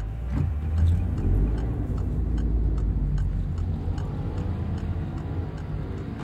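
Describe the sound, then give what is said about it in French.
An old grey BMW 520D E39 estate car, about twenty years old with 234,000 km, has its engine running with a steady, deep low rumble, while faint regular ticking clicks repeat over it throughout. No one speaks. “C'est une BMW 520D E39, qui n'est pas toute jeune, qui a une vingtaine d'années.”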